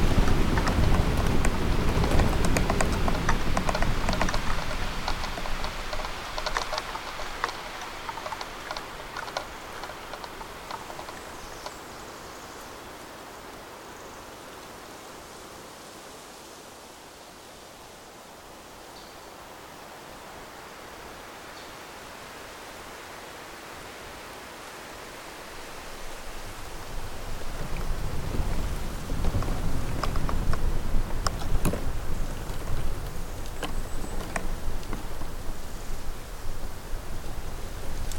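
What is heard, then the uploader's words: Bamboo rustles and clatters in gusting wind, loud at first, easing to a soft hiss mid-clip, then rising again with knocking stalks near the end. BAMBOO FOREST • Delicate Sounds of Bamboo Swaying to The Wind.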